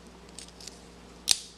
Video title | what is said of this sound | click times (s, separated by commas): DesignShine Tutorial no.3: Mounting Hardware | with a quick release. Snaps into place, | 1.3 s